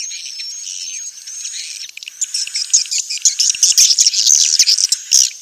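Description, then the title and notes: Swiftlet calls, opening with a thin, steady high whistle, then rapid repeated chirps. Sound used for swiftlet farming in Asia. "Swiflet Bird Sound. Farming Swiflet Bird asia sound"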